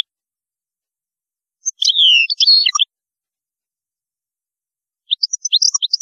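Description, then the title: European goldfinch song, one short twittering phrase of slurred whistles and chips, silence, then a second sparse burst of high notes. "Chant Chardonneret"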